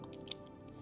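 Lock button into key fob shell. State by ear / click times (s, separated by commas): seated / 0.3 s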